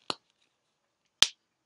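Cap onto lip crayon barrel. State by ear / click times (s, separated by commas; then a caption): seated / 1.2 s. A plastic cap is pressed onto the barrel of a Focallure twist-up matte lip crayon, with a small stop click on the cap meant to keep the crayon hermetically closed. A softer sharp tick at 0.1 s comes first, then a loud, crisp click at 1.2 s as the cap seats shut.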